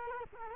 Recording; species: mosquito wingbeat signal from an infrared sensor; Culex quinquefasciatus